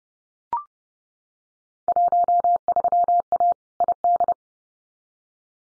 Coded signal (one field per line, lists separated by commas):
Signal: Morse code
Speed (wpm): 30 wpm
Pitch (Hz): 700 Hz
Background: none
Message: 13A ID